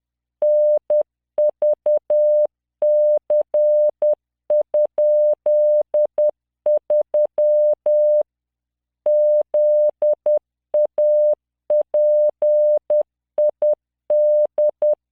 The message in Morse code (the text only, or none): NVC?3 ZAPID